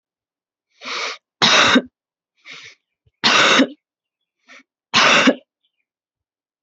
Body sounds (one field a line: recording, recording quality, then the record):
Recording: heavy voluntary cough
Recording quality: excellent, no background noise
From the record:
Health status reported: healthy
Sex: female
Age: 25 years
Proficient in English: yes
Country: India